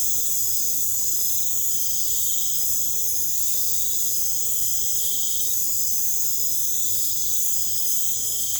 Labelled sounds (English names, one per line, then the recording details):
none
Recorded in pastures near Puerto Asís, Putumayo, Colombia, on 26 December 2024 at 02:00
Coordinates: 0.496, -76.326
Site G004